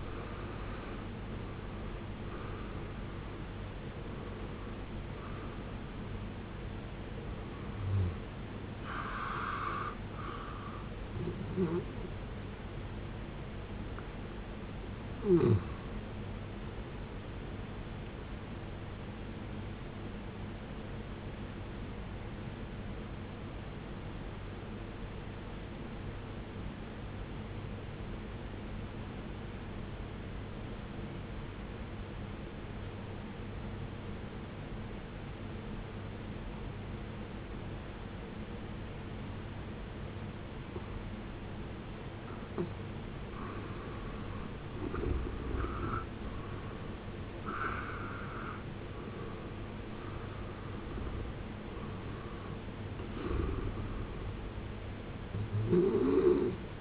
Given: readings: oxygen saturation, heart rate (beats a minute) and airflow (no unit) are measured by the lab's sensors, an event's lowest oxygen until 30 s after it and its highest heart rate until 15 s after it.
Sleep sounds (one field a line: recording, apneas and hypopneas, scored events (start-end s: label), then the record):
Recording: breathing in sleep by a voice recorder at the bedside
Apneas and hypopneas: 1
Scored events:
23.00-53.00 s: new sleep stage, N2 (light sleep)
24.00-44.30 s: obstructive apnea (N2, oxygen 94% highest, then 76% lowest, heart rate 59 at the start, 74 highest)
53.00-56.81 s: new sleep stage, N1 (lightest sleep)
From the record:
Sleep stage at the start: N1 (lightest sleep)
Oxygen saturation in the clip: 72 to 94%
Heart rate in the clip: 53 to 78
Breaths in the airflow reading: 10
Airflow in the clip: -14.8 to 15.8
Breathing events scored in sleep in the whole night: 389 in 6.3 hours asleep